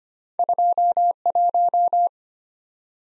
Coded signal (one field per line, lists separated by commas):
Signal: Morse code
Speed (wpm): 25 wpm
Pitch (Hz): 700 Hz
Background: none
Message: 21